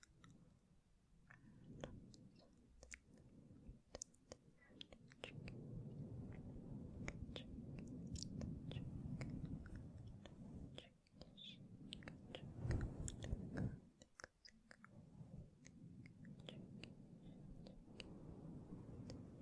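Soft, wordless whispering murmurs with constant crinkly clicks and taps, briefly pausing around eleven seconds before resuming.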